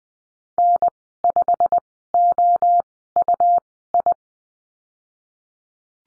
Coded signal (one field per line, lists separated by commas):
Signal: Morse code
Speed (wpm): 20 wpm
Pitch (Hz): 700 Hz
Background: none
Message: N5OUI